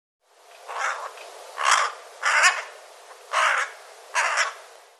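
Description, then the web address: Bird giving five harsh, raspy caws, loosely spaced over about four seconds, each short and grating, with a faint hiss between them. "cianscape birddata Deverinetal 2025"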